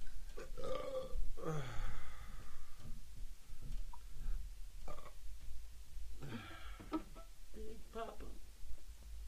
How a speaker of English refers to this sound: Good burp, dude.